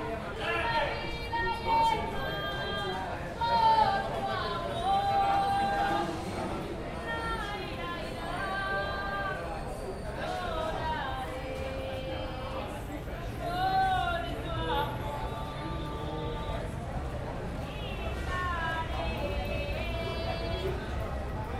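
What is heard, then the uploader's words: A woman sings outside a café in Havana, her voice rising and gliding over steady crowd chatter and street murmur throughout. Hotel Inglaterra Café - Paseo del Prado - La Habana, Cuba. 'Chanteuse' outside the Café at Hotel Inglaterra in La Habana.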